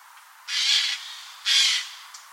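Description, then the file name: Eurasian jay uttering two loud, harsh, noisy screeches about a second apart, each rasping and broad, with a tiny click afterward. "Garrulus glandarius"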